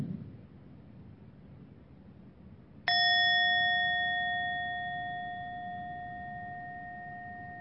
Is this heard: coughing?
no